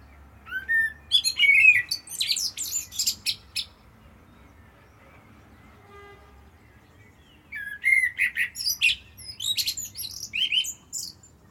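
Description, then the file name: Common blackbird song: two phrases separated by a pause, each starting with mellow whistles and running into high, rapid scratchy twitters. "Turdus merula"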